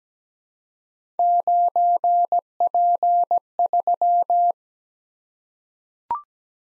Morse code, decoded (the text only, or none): 9P3